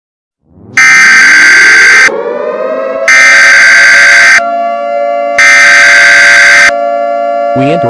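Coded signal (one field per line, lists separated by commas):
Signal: Emergency Alert System (SAME) tones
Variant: header bursts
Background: speech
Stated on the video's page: Fictional EAS scenario, simulated alert with borrowed sound effects and music.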